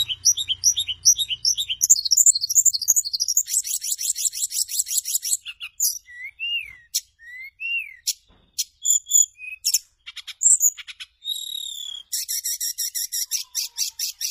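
Bird song, rapid high twittering notes followed by buzzy rattles, slurred whistles, sharp clicks and buzzy rattling trills, with short gaps between phrases.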